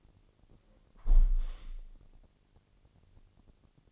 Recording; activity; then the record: daily activity, microphone in the room; close window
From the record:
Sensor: 4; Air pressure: 1001.2 hPa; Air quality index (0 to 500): 176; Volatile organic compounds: 2 ppm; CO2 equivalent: 1259 ppm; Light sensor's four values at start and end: 12/28/11/12 and 12/28/11/12